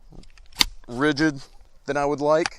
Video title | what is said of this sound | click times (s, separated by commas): Magpul Zhukov AK-47 Stock Review (with Saiga SGL-21) | It locks into place positively but the movement maybe should be a little bit easier. | 0.6 s